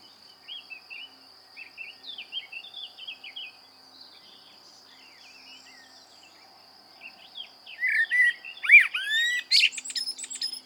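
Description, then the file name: Common blackbird song, faint warbled phrases early, then a louder burst of whistled and twittering notes near the end, over a steady high tone. "Turdus merula"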